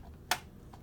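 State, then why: Seated. An iPad in a case with a cutout on the back is pushed onto a Swivl robotic swivel camera mount. A sharp click sounds at 0.3 s, followed by a faint tick at 0.7 s. The case locks into the mount securely enough that the whole unit can be lifted by the iPad.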